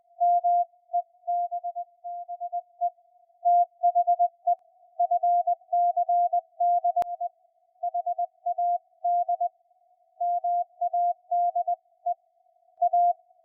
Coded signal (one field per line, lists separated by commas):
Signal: Morse code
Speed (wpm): 20 wpm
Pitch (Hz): 700 Hz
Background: music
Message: MEBBE THE FCDE HAD MADE A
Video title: SunSDR2 DX Using Noise Reduction, Noise Blanker, APF (Audio Peak Filter) and RF Gain